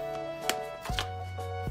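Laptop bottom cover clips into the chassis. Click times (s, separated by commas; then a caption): 0.5 s, 1.0 s. The plastic bottom cover of a Lenovo Y540 laptop is pressed back onto the chassis along the edge, and its snap clips click into place at 0.5 s and 1.0 s over steady background music. The cover clips seat into the chassis.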